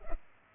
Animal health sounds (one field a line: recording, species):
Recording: mosquito wingbeat signal from an infrared sensor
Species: Culex pipiens